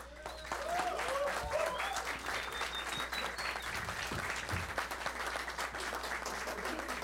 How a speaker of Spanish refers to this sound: a todos, el público asistente. Un aplauso, por favor.